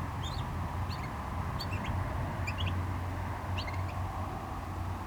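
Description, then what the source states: Small bird giving a handful of sharp high chirps in short groups, over a heavy low rumble of waves and cars. Small bird in a bush by the GC-200 road, Agaete, Las Palmas, Spain; distant cars and waves audible; recorded with DPA-2006c AB pair into a MixPre-3.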